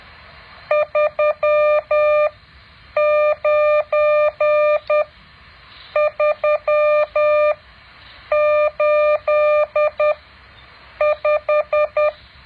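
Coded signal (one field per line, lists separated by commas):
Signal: Morse code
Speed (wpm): 10 wpm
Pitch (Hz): 600 Hz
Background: none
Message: 39385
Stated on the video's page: Morse code practice exercise 9.7.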